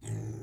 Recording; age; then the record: pig call; weaner (32 to 43 days)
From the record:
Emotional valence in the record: negative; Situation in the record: negative conditioning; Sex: female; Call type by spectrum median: low-frequency call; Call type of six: low-frequency stable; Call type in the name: low-frequency stable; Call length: 0.43 s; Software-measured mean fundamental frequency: 55 Hz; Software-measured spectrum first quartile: 116 Hz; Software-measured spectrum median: 253 Hz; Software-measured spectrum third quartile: 1232 Hz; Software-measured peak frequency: 118 Hz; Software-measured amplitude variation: 141 dB a second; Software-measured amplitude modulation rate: 25.4 a second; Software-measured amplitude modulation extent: 5.5 dB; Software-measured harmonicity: 9.6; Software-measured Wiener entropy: -2.56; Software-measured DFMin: 733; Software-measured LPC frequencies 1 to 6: 1897, 3305, 6011, 6732, 7625, 8294 Hz